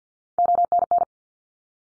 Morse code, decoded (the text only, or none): ONN